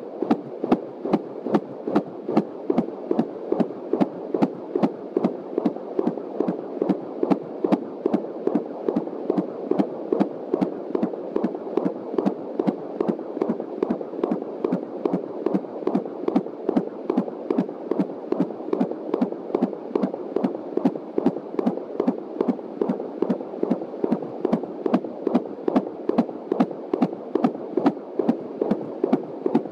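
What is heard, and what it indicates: Fast, regular whooshing fetal heartbeat of a baby girl at about 21 weeks of pregnancy, about 146 beats a minute, within the normal range, heard on a home Doppler fetal heart monitor through an external speaker, found just past the pubic line.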